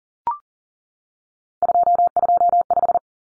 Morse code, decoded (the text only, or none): 225